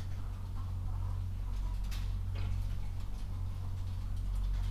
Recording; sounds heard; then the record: poultry house recording; healthy chickens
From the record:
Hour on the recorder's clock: 22